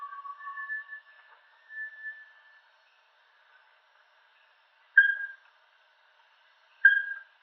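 Bartlett's tinamou giving low, level whistles, followed after a pause by two short, sharp, emphatic notes about two seconds apart.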